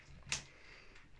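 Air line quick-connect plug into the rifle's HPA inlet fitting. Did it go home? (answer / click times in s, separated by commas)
yes / 0.3 s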